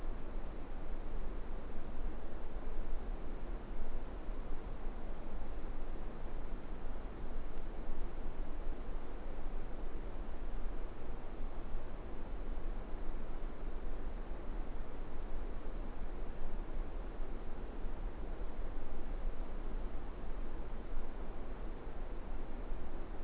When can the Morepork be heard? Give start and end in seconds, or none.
none